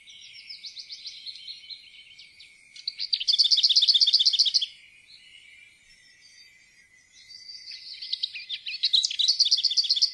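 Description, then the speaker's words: Lesser Whitethroat: quiet scratchy warbling twice swells into a fast, dry, mill-like rattle of rapidly repeated notes. Song ends in a clattering rattle that gave the bird its Norwegian name møller (miller), often compared to a mill's clatter. "Møllerens klaprende sangavslutning har gitt opphav til dens navn."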